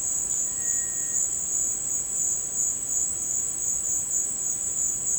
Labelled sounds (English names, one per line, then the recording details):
Cinereous Tinamou
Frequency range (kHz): Cinereous Tinamou 1.3-2.3 kHz
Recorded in dense forest near Puerto Asís, Putumayo, Colombia, on 24 March 2025 at 16:30
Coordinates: 0.500, -76.322
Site GP06